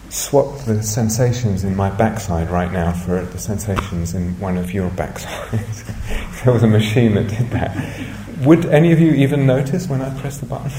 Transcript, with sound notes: swap the sensations in my backside right now for the sensations in one of your backsides... [laughs] If there was a machine that did that, would any of you even notice when I pressed the button?